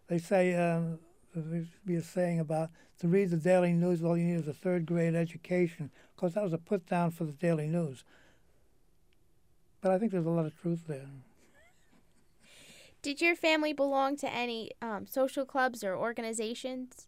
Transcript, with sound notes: They say, saying to read the Daily News all you need is a third grade education, of course, that was a put down for the Daily News but I think there is a lot of truth there. (he laughs)
Did you family belong to any social clubs or organizations?